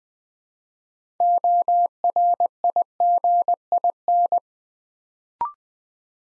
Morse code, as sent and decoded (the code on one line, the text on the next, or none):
--- .-. .. --. .. -.
ORIGIN